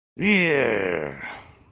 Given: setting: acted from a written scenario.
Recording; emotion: vocal sound without words; triumph